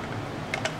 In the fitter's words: then the top part just kind of snaps into place all